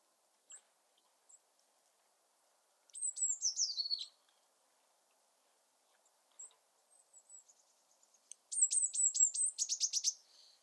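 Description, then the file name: Eurasian blue tit calls, a high descending buzzy trill, later a longer series of rapid high pulses, with scattered faint short high notes between. "Cyanistes caeruleus"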